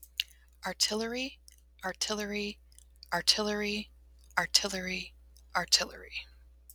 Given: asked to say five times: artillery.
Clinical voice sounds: repeated word; female; 30 to 39 years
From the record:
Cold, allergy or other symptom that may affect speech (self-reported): no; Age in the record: 38 years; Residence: Michigan, United States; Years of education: 20

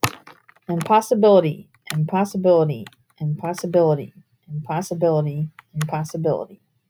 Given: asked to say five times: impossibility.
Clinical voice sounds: repeated word; female; 40 to 49 years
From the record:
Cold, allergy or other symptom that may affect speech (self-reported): no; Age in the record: 46 years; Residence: Pennsylvania, United States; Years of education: 16

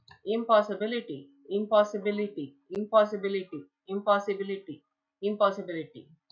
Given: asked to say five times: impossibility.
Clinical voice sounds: repeated word; female; 30 to 39 years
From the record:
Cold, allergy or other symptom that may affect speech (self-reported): no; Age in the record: 36 years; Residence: New Jersey, United States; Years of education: 16

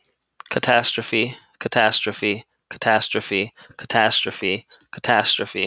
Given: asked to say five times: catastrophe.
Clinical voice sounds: repeated word; male; 30 to 39 years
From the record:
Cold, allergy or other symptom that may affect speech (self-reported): no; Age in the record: 32 years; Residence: Virginia, United States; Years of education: 16

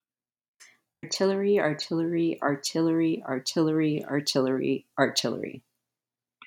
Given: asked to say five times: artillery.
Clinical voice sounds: repeated word; female; 30 to 39 years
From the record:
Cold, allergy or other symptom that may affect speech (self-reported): no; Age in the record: 39 years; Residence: Minnesota, United States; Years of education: 18

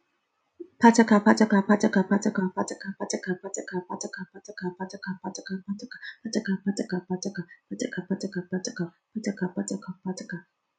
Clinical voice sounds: repeated syllables /pa ta ka/; female; 30 to 39 years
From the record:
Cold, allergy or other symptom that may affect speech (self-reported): no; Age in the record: 35 years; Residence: New York, United States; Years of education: 14

